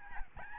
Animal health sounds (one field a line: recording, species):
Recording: mosquito wingbeat signal from an infrared sensor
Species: Aedes albopictus